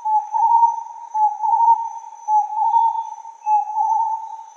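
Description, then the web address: Starred wood quail calling, a whistled phrase repeated roughly once a second in steady rolling rhythm, with a thin constant high tone throughout. "inkaterra asociacion org. Starred Wood Quail"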